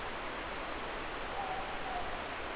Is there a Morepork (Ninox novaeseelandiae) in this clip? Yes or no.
yes